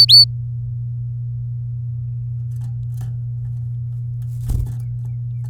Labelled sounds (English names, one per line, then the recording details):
Domestic Canary song
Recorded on 9 May 2018 at 09:27
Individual llb16